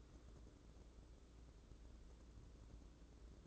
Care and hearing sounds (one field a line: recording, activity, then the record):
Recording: daily activity, microphone in the room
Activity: take from stove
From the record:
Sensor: 3